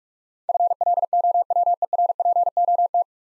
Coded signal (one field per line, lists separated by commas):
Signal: Morse code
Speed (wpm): 46 wpm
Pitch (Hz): 700 Hz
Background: none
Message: FLOWERPOT